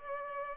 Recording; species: mosquito wingbeat signal from an infrared sensor; Culex pipiens